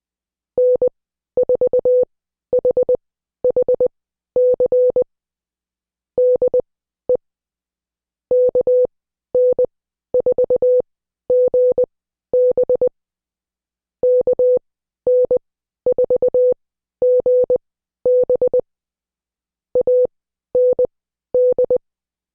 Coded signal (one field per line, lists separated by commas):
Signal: Morse code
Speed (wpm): 20 wpm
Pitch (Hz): 500 Hz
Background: none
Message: N4HHC DE KN4GB KN4GB AND